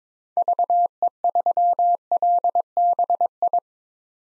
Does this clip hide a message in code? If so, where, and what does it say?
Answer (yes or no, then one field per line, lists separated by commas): yes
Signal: Morse code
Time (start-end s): 0.4-3.6 s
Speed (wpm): 21 wpm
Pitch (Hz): 700 Hz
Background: none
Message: VE3LBI